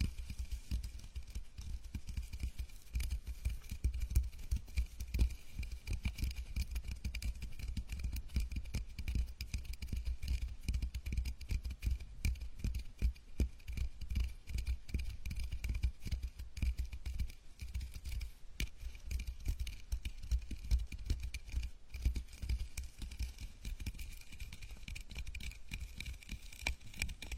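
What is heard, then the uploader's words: A scalp massage with a continuous dense rustling and scratching, steady for the whole half minute with no real pauses. Quick, irregular little strokes crackle through it, snipping like scissors, over a soft low rumble underneath. Scalp massage, gentle and comfortable.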